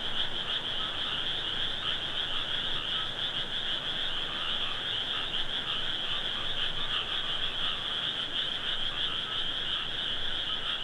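Frog chorus, continuous high-pitched croaking from many animals, steady and even throughout with no pauses.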